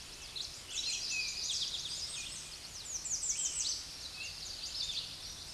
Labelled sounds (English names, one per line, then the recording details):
American Redstart song
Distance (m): 20 m
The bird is about 10 m above the microphone
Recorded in a Pennsylvania forest on 16 May 2024 at 06:56
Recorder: AudioMoth, point MSD-0526
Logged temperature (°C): 16.6 °C
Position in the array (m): 120 m, 231 m